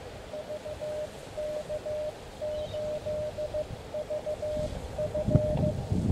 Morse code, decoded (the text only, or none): VK8VF